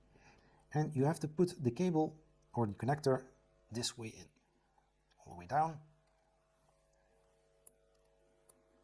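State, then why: Seated. A crimped wire connector is pushed all the way down into its plastic connector housing, latch side oriented the right way, while someone talks. After the talking stops, two small, sharp clicks are heard at 7.7 s and 8.5 s as the latch catches, and the connector is seated.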